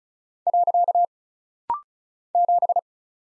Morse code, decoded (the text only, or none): . 7